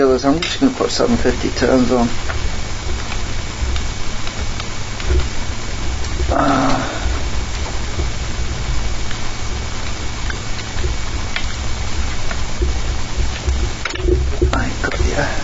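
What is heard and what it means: A part is handled on a coil winding setup, with someone talking at the start and a few sharp taps and knocks near the end. Nothing has seated or clicked into place yet.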